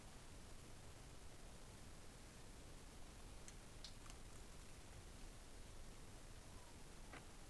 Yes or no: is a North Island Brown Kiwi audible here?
no